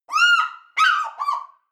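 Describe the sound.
African fish eagle giving a loud, ringing, yelping call in three parts, the first long and level, then two shorter notes, with no other sounds.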